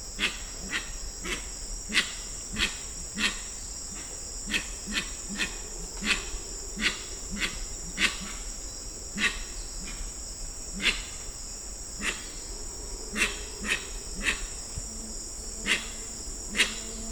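Grey-winged trumpeter giving a long series of deep, short hooting notes with sharp clicks, over a steady high insect whine.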